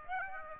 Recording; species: mosquito wingbeat signal from an infrared sensor; Aedes aegypti